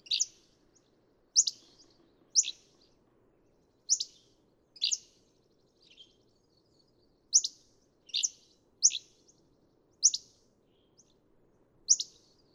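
Hammond's flycatcher: a steady series of crisp, high, downslurred notes and burry phrases, often paired, repeated at irregular one-second intervals, with soft low noise beneath.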